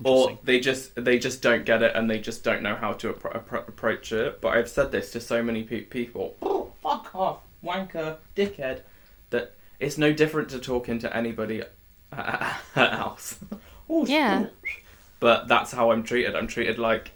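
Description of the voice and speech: An adult woman talks fluently, then abruptly blurts a rapid string of swear words unrelated to her sentence before carrying on calmly. These involuntary obscene outbursts are complex vocal tics with coprolalia. Her adult-onset tic disorder began around age 26 with physical tics. Vocal tics started once she could talk again and have been at this degree for about three years. A former severe stammer was largely resolved by speech therapy.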